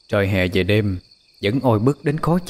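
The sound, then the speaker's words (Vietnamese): Far-off cicadas keep up a steady, high-pitched buzzing drone on a summer night, continuing unbroken beneath a person speaking and through a short pause in the talk. “Xa xa đằng kia còn nghe thấy tiếng ve kêu râm ran”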